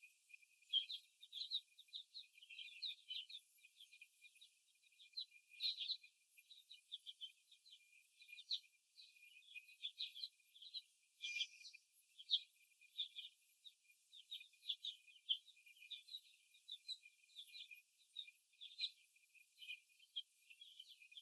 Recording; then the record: young laying hens in a cage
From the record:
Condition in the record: after the stressor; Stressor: simulated dog barking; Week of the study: 1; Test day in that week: 2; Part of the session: 2